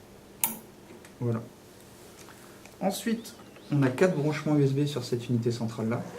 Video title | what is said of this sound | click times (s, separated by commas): Branchement en 1min30 | Normalement, vous entendez un petit clac. Voilà. | 0.4 s